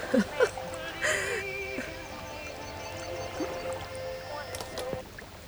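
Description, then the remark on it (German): Water is scooped and splashed out of a boat with a tin can, a few sloshing pours and metallic clinks over a low, steady background hum. “Gib mir die Blechbüchse. Ich muss das Wasser aus dem Boot schöpfen.”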